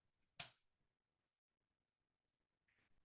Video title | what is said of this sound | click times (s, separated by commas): DCBuzz August 2024 Tips and Tricks For The One Person Film Crew | remember with xlrs always listen for the click | 0.4 s